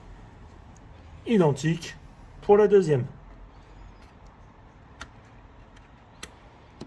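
A second RAM stick is being handled at its motherboard DIMM slot while someone talks from about 1.3 to 3.1 s. Afterward only faint short ticks are heard, the sharpest near 5.0 and 6.2 s. Nothing has seated or clicked yet; the clip ends just before the retaining clips snap shut.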